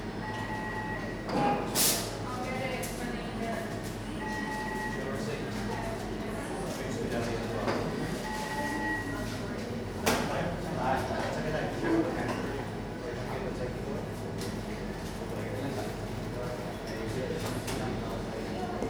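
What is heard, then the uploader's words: Inside a coffee shop, a steady murmur of overlapping voices fills the room, with a low hum underneath. Short clinks and knocks of cups and dishes come through now and then, with a sharp clatter near two seconds and another around ten. Coffee shop.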